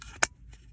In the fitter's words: you hear that click that's it